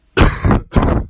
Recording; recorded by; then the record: voluntary cough; messaging app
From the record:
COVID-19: negative